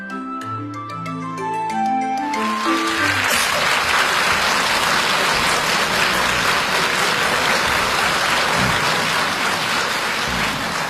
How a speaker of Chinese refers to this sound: 谢谢大家， 感谢朋友们热情的掌声。